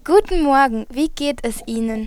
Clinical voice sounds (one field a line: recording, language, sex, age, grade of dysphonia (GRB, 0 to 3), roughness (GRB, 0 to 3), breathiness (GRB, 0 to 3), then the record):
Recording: spoken sentence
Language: German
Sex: female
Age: 18 to 19 years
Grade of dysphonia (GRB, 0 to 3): 0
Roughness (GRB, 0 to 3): 0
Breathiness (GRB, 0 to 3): 0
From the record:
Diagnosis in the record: healthy voice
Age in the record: 19 years